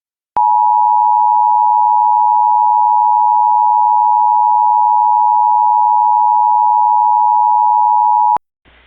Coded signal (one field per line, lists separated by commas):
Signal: Emergency Alert System (SAME) tones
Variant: 853 and 960 Hz attention tone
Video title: EAS Child Abduction Emergency (AMBER Alert) Hampstead, Maryland (Carroll County) Statewide Alert